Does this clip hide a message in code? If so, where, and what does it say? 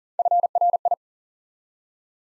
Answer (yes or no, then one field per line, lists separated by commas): yes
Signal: Morse code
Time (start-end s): 0.2-0.9 s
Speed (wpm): 38 wpm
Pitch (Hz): 700 Hz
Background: none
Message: FRI